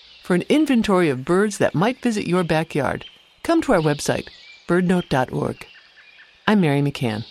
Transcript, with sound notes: For an inventory of birds that might visit your back yard, come to our website, BirdNote.org. [American Robin’s morning song] I’m Mary McCann.